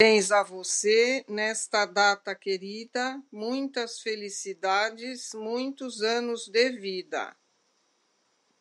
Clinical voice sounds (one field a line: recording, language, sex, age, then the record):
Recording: short text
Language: Brazilian Portuguese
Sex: female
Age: 60 to 69 years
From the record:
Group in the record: control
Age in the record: 63 years